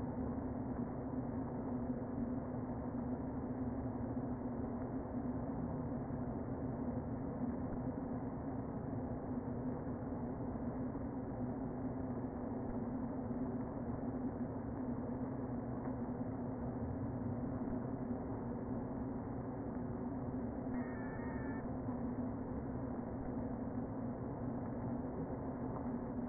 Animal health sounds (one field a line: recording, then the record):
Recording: honeybee colony, microphone inside the hive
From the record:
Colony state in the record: queen present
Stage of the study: before two queens were removed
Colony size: about 60,000 bees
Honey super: yes